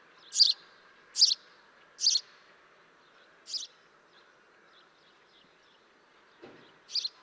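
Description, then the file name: House sparrow giving sharp chirps, three in quick succession and a fourth a little later, then a pause with faint chirps and a soft low thump before a final chirp; faint hum throughout. "Passer domesticus"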